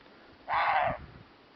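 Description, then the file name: Roe deer giving a single harsh, hoarse bark lasting about half a second against steady background hiss. "corzo"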